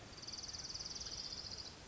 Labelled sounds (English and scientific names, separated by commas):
Orange-crowned Warbler (Leiothlypis celata)